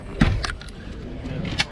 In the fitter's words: they click into place like that, and now you've got some great forward facing seats, so when you're moseying down the coast, people can sit there